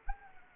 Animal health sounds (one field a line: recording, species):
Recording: mosquito wingbeat signal from an infrared sensor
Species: Anopheles arabiensis